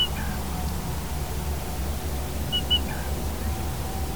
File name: Black Rail